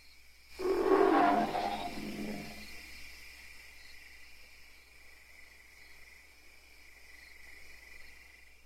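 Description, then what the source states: Ape lets out one rasping growl-scream that rises sharply and trails off, followed by several seconds of low background hiss. Angry apes; long sequence of screaming and growling.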